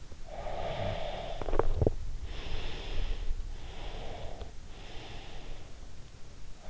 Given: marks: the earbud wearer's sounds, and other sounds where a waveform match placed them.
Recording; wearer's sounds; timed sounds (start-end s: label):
sounds in sleep by an in-ear microphone; breath, teeth grinding
0.39-3.20 s: breath
1.41-2.13 s: teeth grinding
3.52-5.87 s: breath